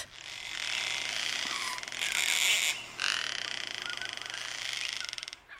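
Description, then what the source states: Gang-gang Cockatoo giving harsh, grating creaky calls in a few long rasping bursts. Call described as a flying creaky gate; species of the alpine forests of southeastern Australia.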